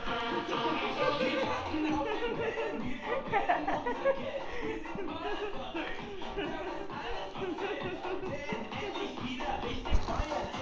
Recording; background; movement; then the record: laughter; music; walking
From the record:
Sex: female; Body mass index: 36.4 kg/m2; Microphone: on the chest, facing outward